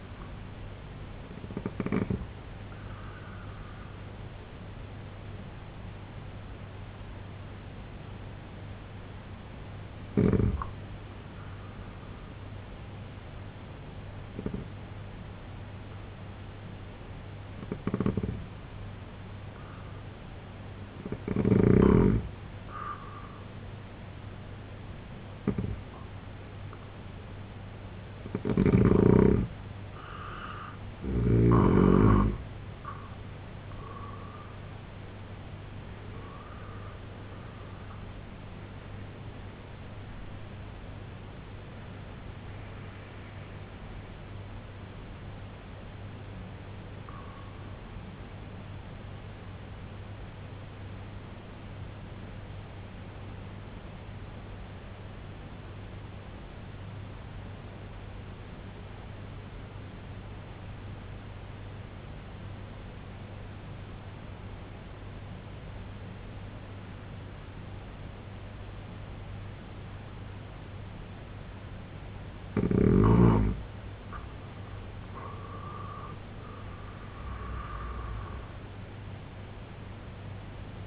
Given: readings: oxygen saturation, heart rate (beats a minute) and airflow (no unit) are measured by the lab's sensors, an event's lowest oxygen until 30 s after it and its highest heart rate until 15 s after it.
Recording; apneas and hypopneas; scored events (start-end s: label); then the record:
breathing in sleep by a voice recorder at the bedside; 2
6.00-33.30 s: hypopnea (N2, oxygen 92% highest, then 85% lowest, heart rate 67 at the start, 93 highest)
29.00-59.00 s: new sleep stage, N1 (lightest sleep)
56.00-73.00 s: obstructive apnea (N1, oxygen 95% highest, then 86% lowest, heart rate 66 at the start, 88 highest)
59.00-80.87 s: new sleep stage, N2 (light sleep)
From the record:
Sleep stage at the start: N2 (light sleep); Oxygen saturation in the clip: 85 to 95%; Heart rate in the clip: 64 to 93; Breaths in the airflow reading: 10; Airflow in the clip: -8.9 to 10.3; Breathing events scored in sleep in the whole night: 258 in 7.4 hours asleep